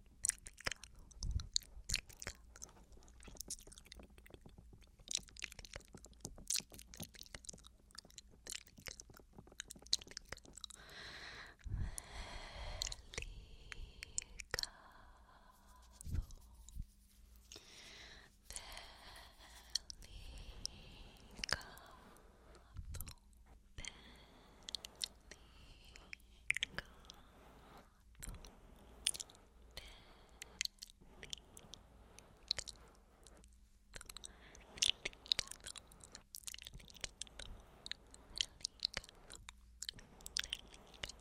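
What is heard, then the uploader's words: Mouth sounds and finger tapping, with quick wet clicks and crackles that the ear takes for chewing and biting. The taps come in dense bursts throughout, with a softer, breathier stretch between about 11 and 20 seconds. A low steady hum sits underneath. ASMR Breathy Spanish Trigger Words (Finger Flutter, Mouth Sounds, Ear TouchingTapping).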